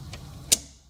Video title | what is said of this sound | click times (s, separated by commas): 2002 Jeep Fuel Filter Step by Step Replacement | There you go. Heard that? Nice big snap. | 0.5 s